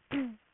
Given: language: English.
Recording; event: throat vibration sensor signal played as sound; throat clearing